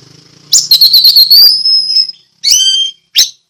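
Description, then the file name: Orange-headed thrush giving quick clicking notes that merge into a long, bright whistle, followed by two short sharp calls. Ngeplong song style. "anis merah ngeplong"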